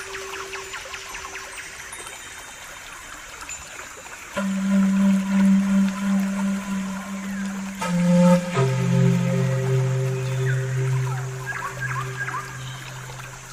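Natural water sounds run throughout as a soft, steady trickle, joined by pan flute melodies. A high thin note opens, then from about four seconds a low, breathy flute tone sustains, shifting pitch near eight seconds and again lower around nine, holding to the end.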